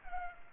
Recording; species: mosquito wingbeat signal from an infrared sensor; Culex pipiens